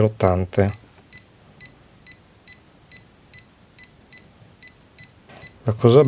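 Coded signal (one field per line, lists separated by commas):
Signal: none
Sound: oscilloscope button beeps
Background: speech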